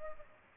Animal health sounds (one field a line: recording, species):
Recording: mosquito wingbeat signal from an infrared sensor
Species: Culex pipiens